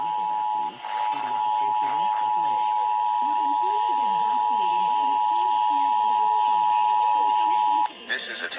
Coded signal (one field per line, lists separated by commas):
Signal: Emergency Alert System (SAME) tones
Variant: 853 and 960 Hz attention tone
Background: speech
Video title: Washington State EOC Required Monthly Test EAS(4-10-2021)